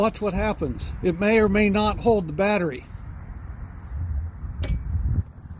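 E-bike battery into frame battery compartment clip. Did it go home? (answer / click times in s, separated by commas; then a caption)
no / none. Someone talks, then an Aventon Aventure e-bike battery is gently pushed into its frame battery compartment, with a faint tap at 3.1 s and a short sharp knock at 4.6 s over low background noise. The silver retaining clip at the top has not engaged and nothing has clicked, so the battery is not held in place.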